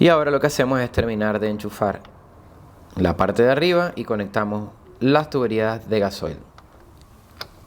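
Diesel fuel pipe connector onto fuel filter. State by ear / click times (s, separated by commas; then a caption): seated / 7.4 s. Someone talks while reconnecting the diesel fuel pipe quick-connectors on top of the fuel filter of a 1.6 HDi Berlingo/Partner. Faint ticks follow the speech, and a sharp click at 7.4 s shows a connector pushed home and seated.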